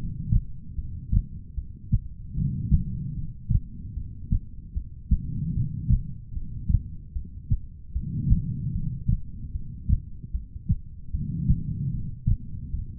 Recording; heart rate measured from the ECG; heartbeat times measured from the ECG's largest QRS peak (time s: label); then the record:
heart sounds by stethoscope; 75 bpm
0.75 s: heartbeat
1.55 s: heartbeat
2.34 s: heartbeat
3.14 s: heartbeat
3.94 s: heartbeat
4.74 s: heartbeat
5.53 s: heartbeat
6.33 s: heartbeat
7.13 s: heartbeat
7.93 s: heartbeat
8.72 s: heartbeat
9.52 s: heartbeat
10.32 s: heartbeat
11.11 s: heartbeat
11.91 s: heartbeat
12.71 s: heartbeat
From the record:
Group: heart failure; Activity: rest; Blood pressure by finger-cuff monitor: 96/64 mmHg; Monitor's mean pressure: 77 mmHg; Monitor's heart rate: 75 bpm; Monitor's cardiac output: 4.9 L/min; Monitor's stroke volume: 65 mL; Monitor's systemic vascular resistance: 1130 dyn s/cm5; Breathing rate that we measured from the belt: 20 breaths a minute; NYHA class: 2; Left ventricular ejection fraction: 58%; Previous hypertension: present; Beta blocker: bisoprolol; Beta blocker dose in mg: 5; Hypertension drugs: ramipril, spironolactone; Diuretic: furosemide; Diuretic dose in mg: 160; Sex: female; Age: 55 years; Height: 155 cm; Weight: 67 kg